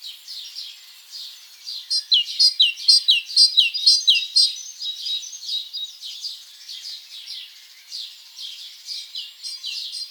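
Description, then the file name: Great tit song, strong repeated teacher-like phrases in a regular rhythm, then softer phrases. "Parus major"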